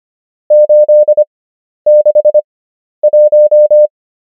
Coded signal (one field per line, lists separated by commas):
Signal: Morse code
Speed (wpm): 25 wpm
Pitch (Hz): 600 Hz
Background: none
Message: 861